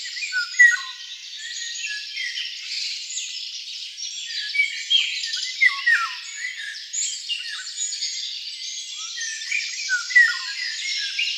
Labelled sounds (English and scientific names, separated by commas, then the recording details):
Eurasian Golden Oriole (Oriolus oriolus) song
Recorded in the wild
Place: Oberrotweil am Kaiserstuhl, Baden-Württemberg, DE
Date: 1995-05-06
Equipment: Dat-Recorder Casio DA 7, Telinga DAT, Telinga-Parabolspiegel
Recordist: Schwarz, Dieter
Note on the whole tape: Song